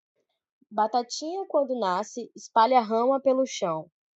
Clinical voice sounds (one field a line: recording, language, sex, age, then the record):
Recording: short text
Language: Brazilian Portuguese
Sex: female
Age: 20 to 29 years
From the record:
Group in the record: control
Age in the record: 22 years